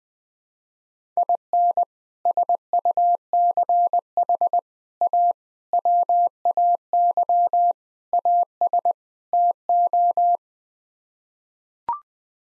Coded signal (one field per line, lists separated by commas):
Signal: Morse code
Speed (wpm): 21 wpm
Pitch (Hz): 700 Hz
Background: none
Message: IN SUCH A WAY AS TO